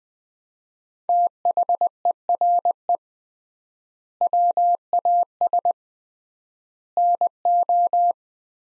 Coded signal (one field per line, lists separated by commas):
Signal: Morse code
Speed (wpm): 21 wpm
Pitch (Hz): 700 Hz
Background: none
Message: THERE WAS NO